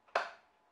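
A single sharp click at 0.2 s as the tension knob on a CycleOps Magnus wheel-on trainer is tightened, pressing the trainer's roller against the rear bike tyre. The built-in clutch clicks once the preset wheel pressure is reached, confirming the set tension. The click rises about 42 dB above the quiet background and rings off over roughly a quarter second.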